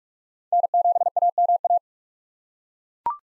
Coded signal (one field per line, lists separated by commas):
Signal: Morse code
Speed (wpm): 42 wpm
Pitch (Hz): 700 Hz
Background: none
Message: N7AMA